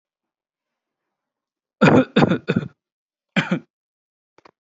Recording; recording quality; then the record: shallow voluntary cough; excellent, no background noise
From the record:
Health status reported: exposed to COVID-19, no respiratory illness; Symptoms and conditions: hypertension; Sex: male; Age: 25 years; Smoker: not ticked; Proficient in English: yes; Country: India